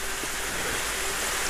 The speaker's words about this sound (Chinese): 大雷了，下雨了